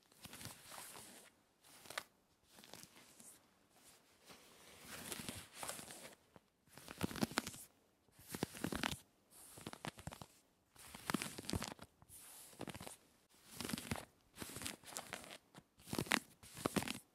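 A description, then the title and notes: Fingernails scratch hard at denim fabric in quick bursts, each a rough, crunchy rasp lasting about half a second to a second, separated by brief silences. The strokes come steadily throughout, bright with a gritty texture. ASMR Aggressive Jean Scratching Clothing Sounds to Help you Tingle and Sleep Denim Fabric.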